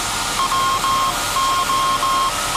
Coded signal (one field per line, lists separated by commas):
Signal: Morse code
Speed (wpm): 17 wpm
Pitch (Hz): 1070 Hz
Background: none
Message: WO